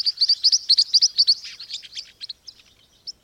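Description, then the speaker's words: Green-rumped Parrotlet calls: rapid high chattering chirps, loud at first, then fading into sparser, softer notes. Chicks learn building blocks of sound from their parents and pass them to younger siblings; each bird's call is slightly different, a distinct vocal signature. "chicks of green-rumped parrotlets appear to learn specific building blocks of sound from their parents, and then help pass these down to younger siblings."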